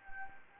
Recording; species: mosquito wingbeat signal from an infrared sensor; Anopheles gambiae